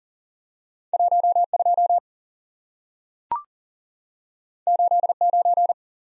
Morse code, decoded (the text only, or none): 1 2 8 9